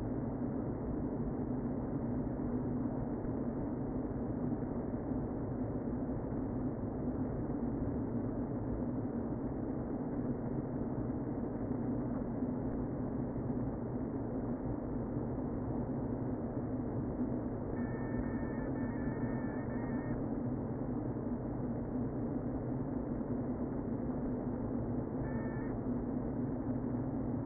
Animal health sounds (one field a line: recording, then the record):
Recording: honeybee colony, microphone inside the hive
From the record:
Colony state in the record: queen present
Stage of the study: before two queens were removed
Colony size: about 60,000 bees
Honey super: yes